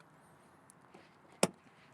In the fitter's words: Ooh, that's a really good click.